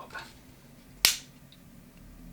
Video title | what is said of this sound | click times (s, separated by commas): How to install Apex Action Enhanced Trigger for Glock (Gen. 3) | until it makes a "click" sound. | 1.0 s